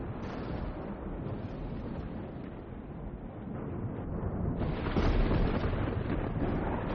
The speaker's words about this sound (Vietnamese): Bỗng nhiên, một đạo tia sét từ trên không trung đánh thẳng xuống bên dưới. Tia sét vô cùng cuồng bạo, trực tiếp bổ tan tành căn phòng của Giang Thiếu Bạch.